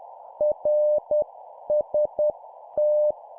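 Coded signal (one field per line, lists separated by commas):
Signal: Morse code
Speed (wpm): 10 wpm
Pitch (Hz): 600 Hz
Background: none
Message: RST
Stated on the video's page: 10 wpm CW practice of an example CQ contact for copy-speed training.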